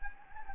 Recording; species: mosquito wingbeat signal from an infrared sensor; Anopheles gambiae